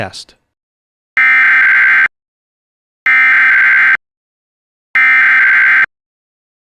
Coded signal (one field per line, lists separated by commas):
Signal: Emergency Alert System (SAME) tones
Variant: header bursts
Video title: My Linux EAS/TTS Setup!!!